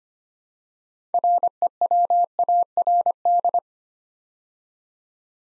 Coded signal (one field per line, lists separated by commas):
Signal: Morse code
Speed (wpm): 25 wpm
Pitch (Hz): 700 Hz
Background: none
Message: REWARD